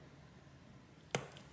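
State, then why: Seated. During a screen replacement on a Samsung Galaxy S20 FE, a flex cable connector is lined up on its phone board socket and pushed down. Against a quiet, low hum, a sharp snap at 1.2 s marks the connector clicking into place, followed by a faint tick at 1.4 s. The connector is seated.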